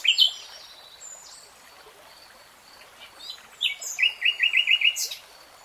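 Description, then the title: Nightingale song: thin whistles and scattered notes, then a rapid, evenly repeated chattering run near the end. Nightingale singing in real time. "[Tiếng chim hót] 3 Hours REALTIME Nightingale Singing"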